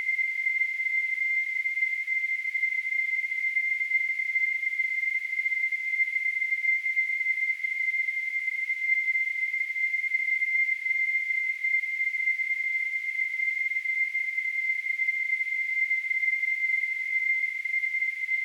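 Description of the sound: A steady, unbroken high-pitched tone near 2 kHz sits over faint hiss for the full eighteen seconds, with no change in loudness. It is a simulation of tinnitus, the ringing or whistling some people hear in their ears.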